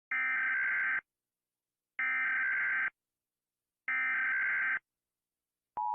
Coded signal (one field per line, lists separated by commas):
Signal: Emergency Alert System (SAME) tones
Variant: header bursts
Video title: a handful of eas alarms animated (i’m sorry)